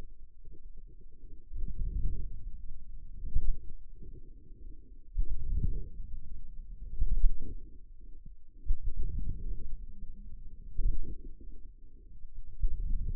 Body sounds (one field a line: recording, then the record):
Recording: forearm muscle sounds (acoustic myography)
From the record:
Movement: outward rotation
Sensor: system 2, bracelet of six BSWA MPA416 microphones around the upper forearm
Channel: 6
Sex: male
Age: 22 years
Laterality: right